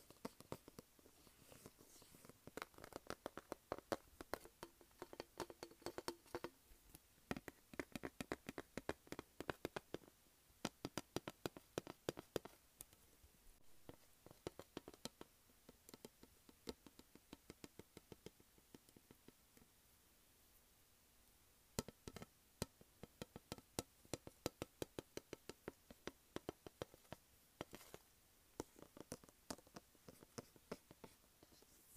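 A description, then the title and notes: Fingernails tap and scratch on a makeup palette in quick, uneven bursts of sharp clicks that run through most of the clip. Soft scratchy rubbing fills the spaces between taps, and the tapping thins out briefly around twenty seconds before picking back up. Tapping and scratching makeup pallet.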